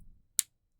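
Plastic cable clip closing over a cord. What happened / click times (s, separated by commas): The small plastic clip snapped shut / 0.4 s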